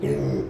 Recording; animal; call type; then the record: contact call of a hoofed animal; pig; closed-mouth grunt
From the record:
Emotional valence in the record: negative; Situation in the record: short social isolation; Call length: 0.50 s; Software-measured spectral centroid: 1430 Hz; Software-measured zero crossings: 760 a second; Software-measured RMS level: -24 dBFS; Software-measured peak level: -13 dBFS